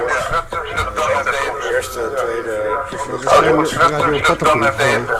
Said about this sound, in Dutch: Ik ga de echo nu wel uitzetten, denk ik.